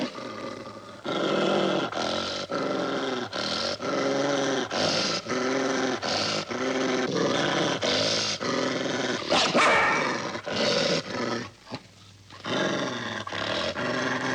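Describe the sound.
Dog growling in a long run of many rough pulsed bursts.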